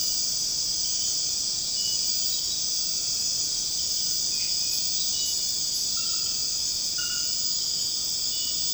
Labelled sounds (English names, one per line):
none